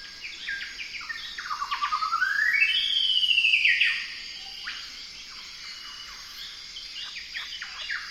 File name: Golden whistler bird singing